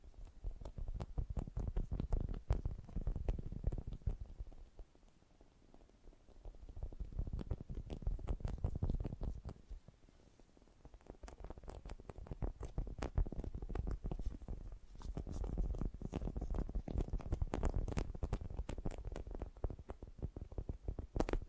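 Fast, gentle tapping forms dense clusters of quick, soft clicks that swell and fade in waves, with short quieter lulls around 5 and 14 seconds.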